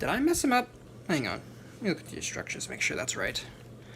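Someone talks while handling the plastic wing joints of a transforming Bakugan toy figure, whose wings aren't folding, before checking the instructions for folding them forward. Nothing has seated or clicked into position yet.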